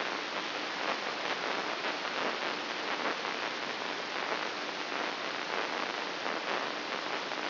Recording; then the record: brain microelectrode recording played as sound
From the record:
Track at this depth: outside the subthalamic nucleus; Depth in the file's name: 6.461 mm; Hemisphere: left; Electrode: 3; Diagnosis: Parkinson's disease